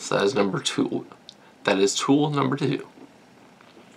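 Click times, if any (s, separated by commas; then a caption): none. A tool on a steel Leatherman Free T4 multitool is handled as it is swung open toward its locking position in the frame, while someone talks. The clip ends before the locking system engages; nothing has seated or clicked yet.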